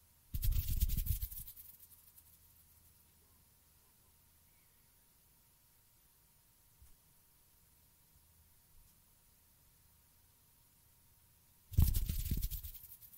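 Hand sounds come in two short rustling bursts, one at the very start and another near the end, each bright and airy like fingers fluttering, about a second or two long. Between them is nearly silent stretch with faint low hum and two tiny clicks.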